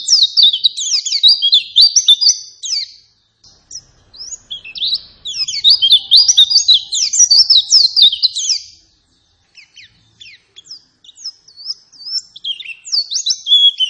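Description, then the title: White-eye song: energetic, high, buzzy twittering in long rapid bursts, with short pauses and quieter scattered chirps between bursts. Persistent 'gacor' lure song meant to make any white-eye respond and answer. "Pleci Gacor. Apapun plecinya AKAN LANGSUNG MERESPON dan NYAUT dengan pancingan pleci ngotot ini"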